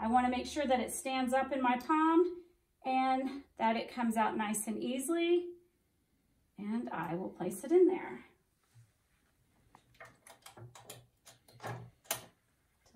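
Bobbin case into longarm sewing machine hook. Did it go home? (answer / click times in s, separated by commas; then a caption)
yes / 12.1 s. A bobbin case is pushed into the hook of a longarm quilting machine while someone talks. After a series of small taps and clicks, it snaps into place with a sharp pop at 12.1 s and is seated.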